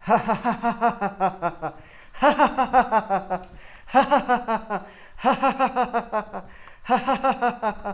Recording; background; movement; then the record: laughter; quiet; sitting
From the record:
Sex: male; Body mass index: 20.6 kg/m2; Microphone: on the chest, facing outward